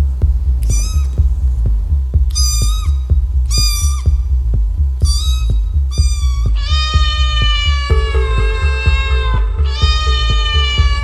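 cat meowing

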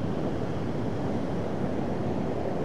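ocean waves and surf

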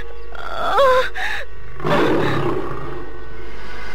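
tiger roaring

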